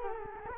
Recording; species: mosquito wingbeat signal from an infrared sensor; Culex quinquefasciatus